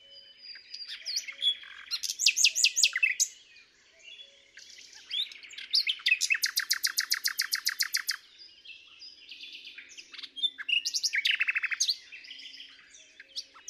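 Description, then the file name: Common nightingale in full song, alternating loud rapid rattles of repeated notes with quieter warbled and scratchy passages, several phrases separated by short pauses. "Luscinia megarhynchos"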